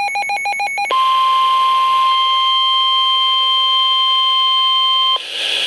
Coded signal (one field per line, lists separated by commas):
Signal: Emergency Alert System (SAME) tones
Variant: 1050 Hz attention tone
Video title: Flash Flood Warning #3 - 06/22/13 (EAS #463)